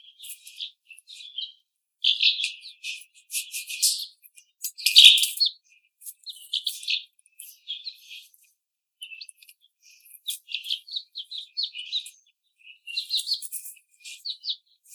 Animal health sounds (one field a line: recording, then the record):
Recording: young laying hens in a cage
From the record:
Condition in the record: treatment cage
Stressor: simulated dog barking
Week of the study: 5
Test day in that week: 1